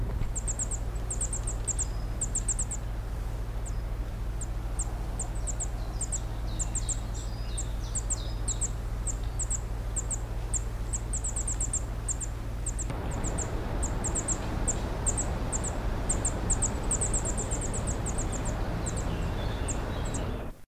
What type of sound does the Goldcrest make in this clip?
call